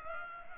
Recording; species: mosquito wingbeat signal from an infrared sensor; Culex pipiens